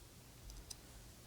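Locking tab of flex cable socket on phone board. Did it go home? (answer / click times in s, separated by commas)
released / 0.5 s, 0.7 s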